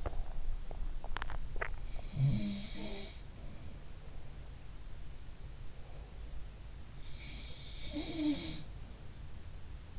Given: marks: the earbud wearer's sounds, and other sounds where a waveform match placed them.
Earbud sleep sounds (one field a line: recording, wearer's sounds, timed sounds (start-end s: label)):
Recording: sounds in sleep by an in-ear microphone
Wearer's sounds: teeth grinding, swallowing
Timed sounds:
0.00-1.40 s: teeth grinding
1.42-1.75 s: swallowing
1.75-3.50 s: sound from someone else or the room
7.12-8.99 s: sound from someone else or the room